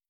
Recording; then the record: hydrophone in a shrimp aquaculture tank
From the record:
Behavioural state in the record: starved